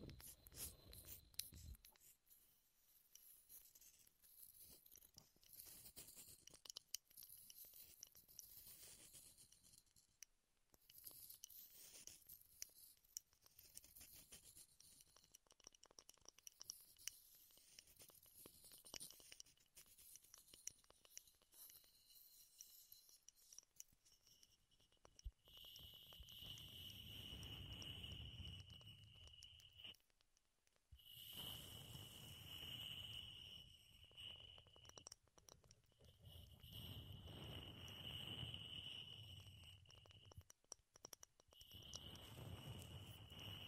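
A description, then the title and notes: Wood triggers: for the first twenty-five seconds, soft scattered taps and scratches crackle lightly and irregularly. After that, louder rubbing and brushing sweeps take over in long passes with a thin high whine, separated by brief pauses around thirty and forty seconds. ASMR Wood Triggers in Your Ears (No Talking).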